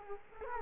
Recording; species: mosquito wingbeat signal from an infrared sensor; Culex quinquefasciatus